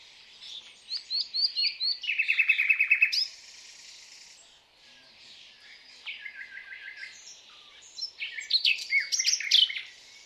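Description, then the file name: Common nightingale song: loud, varied phrases of rapid repeated chirps and buzzy trills, with short rising whistles, broken by a pause before further bursts. "Luscinia megarhynchos"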